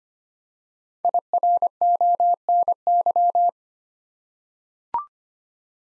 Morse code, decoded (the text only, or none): IRONY